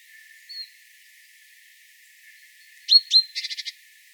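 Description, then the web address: Great tit call near the end: a faint early whistle, then two sharp slurred notes followed by a short buzzy rattle. "SETE data Parus major"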